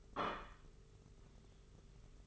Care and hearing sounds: daily activity, microphone in the room; place plate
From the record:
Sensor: 4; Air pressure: 991.6 hPa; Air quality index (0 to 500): 128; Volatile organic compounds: 37 ppm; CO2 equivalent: 3104 ppm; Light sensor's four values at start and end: 20/65/24/24 and 20/65/24/24

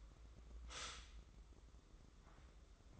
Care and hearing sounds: daily activity, microphone in the room; stop toaster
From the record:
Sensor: 3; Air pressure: 995.3 hPa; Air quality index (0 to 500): 73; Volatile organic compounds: 4 ppm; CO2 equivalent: 1696 ppm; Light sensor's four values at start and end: 18/54/23/20 and 18/54/23/20

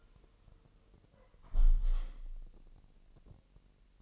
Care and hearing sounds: daily activity, microphone in the room; close window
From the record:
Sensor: 4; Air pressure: 1000.8 hPa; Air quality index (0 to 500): 244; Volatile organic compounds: 41 ppm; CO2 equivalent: 3167 ppm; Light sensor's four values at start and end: 9/21/8/8 and 9/20/8/7

